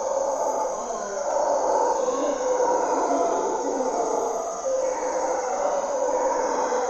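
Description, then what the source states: Mantled howler monkeys roaring in a deep, rasping chorus that holds steady throughout, over a constant high insect drone. Monos congos waking the jungle at morning twilight in Parque Nacional Corcovado, Osa Peninsula, Costa Rica; primary hardwood forest and deep river valley echoes.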